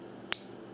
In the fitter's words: clicks really well to close